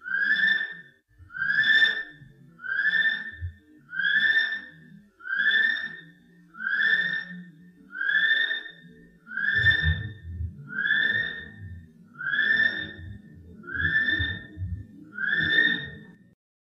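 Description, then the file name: North Island brown kiwi calling, a series of about thirteen shrill, slightly rising whistles repeated at a steady pace, with low rumbling noise underneath. Male. "male ni brown kiwi"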